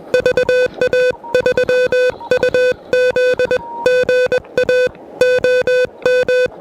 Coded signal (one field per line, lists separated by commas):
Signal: Morse code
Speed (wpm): 20 wpm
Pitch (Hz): 500 Hz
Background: music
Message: VA3UZ GA OM